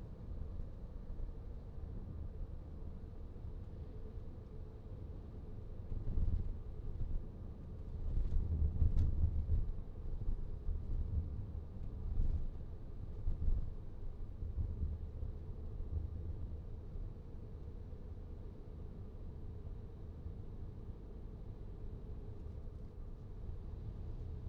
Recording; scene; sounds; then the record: everyday scene through a hearing-aid microphone; in a vehicle; engine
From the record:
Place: VW T5 Caravelle, diesel engine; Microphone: in the ear canal, right